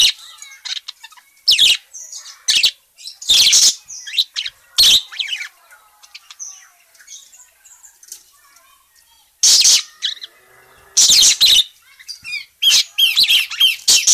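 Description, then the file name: Parakeet calls: isolated sharp squawks and chirps with quiet stretches between, then a busier cluster of shrill notes near the end. Parakeet described as gacor (very vocal, chatty), calling. "suara burung parkit gacor memanggil"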